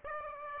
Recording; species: mosquito wingbeat signal from an infrared sensor; Aedes aegypti